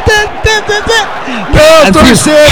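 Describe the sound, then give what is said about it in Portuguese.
Football fans at the stadium during the Brazil vs New Zealand match chant in steady, rhythmic shouted bursts, then the crowd swells into a louder, continuous roar of many overlapping voices cheering together. “O som da torcida ainda continua com a gente.”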